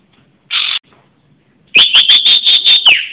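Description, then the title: Java sparrow song: a brief harsh burst, a short pause, then a sustained, pulsing high note with rapid repeated chirps. "kicau gelatik"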